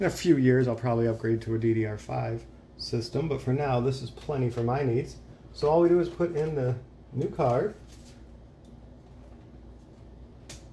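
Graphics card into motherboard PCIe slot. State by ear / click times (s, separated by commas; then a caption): not seated / none. Someone talks while a new graphics card is being put in and pushed down toward the PCIe x16 slot of a B550M motherboard, where the slot's retention latch should click. After the talking stops at about 7.7 s there is only low background noise, with a faint, brief sound at 10.5 s. The card has not seated or clicked yet.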